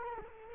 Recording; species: mosquito wingbeat signal from an infrared sensor; Culex quinquefasciatus